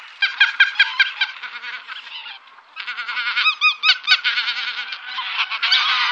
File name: Anser albifrons